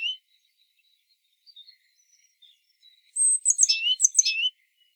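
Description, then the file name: Great tit call: a few faint high notes first, then a rapid burst of thin, high notes that drop steeply in pitch. "Parus major"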